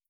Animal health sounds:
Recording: hydrophone in a shrimp aquaculture tank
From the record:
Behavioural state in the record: starved

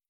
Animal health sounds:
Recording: hydrophone in a shrimp aquaculture tank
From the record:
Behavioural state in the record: feeding

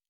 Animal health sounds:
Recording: hydrophone in a shrimp aquaculture tank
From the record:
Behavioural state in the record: normal

